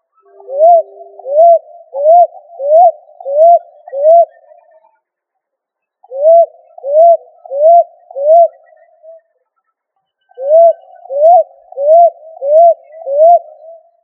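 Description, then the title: Pigeon cooing in three bursts of short, rising-then-falling coos, about four to six per burst at a steady quick pace, with pauses of over a second between bursts. "Familia Columbidae Pomba"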